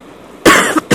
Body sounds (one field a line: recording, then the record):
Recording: coughing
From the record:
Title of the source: 31 night wet cough